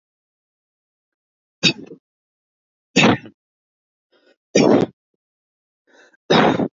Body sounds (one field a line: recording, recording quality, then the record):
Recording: heavy voluntary cough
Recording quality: excellent, no background noise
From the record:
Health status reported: healthy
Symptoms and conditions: none ticked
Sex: male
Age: 26 years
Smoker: not ticked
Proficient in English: yes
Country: India